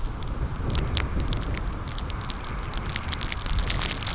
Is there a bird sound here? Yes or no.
no